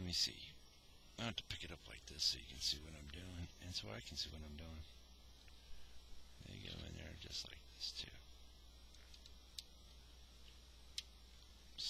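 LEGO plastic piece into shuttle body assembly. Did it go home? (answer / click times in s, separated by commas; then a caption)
yes / 11.0 s. Two LEGO plastic pieces are pressed into the body of a Star Wars Emperor Palpatine's Shuttle 8096 set while someone talks. Faint handling clicks follow, and a sharp snap at 11.0 s marks the plastic brick seating into place.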